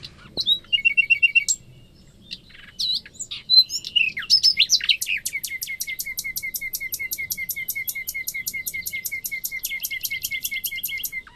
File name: Luscinia megarhynchos